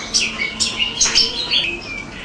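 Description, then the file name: Blue-crowned hanging parrot giving thin, high, squeaky chirps in quick irregular bursts, with short sliding whistled notes between them. "burung serindit"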